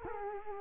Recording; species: mosquito wingbeat signal from an infrared sensor; Culex quinquefasciatus